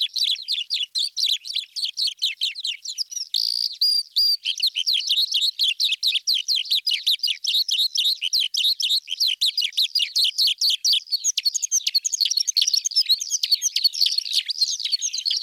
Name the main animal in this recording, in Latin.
Alauda gulgula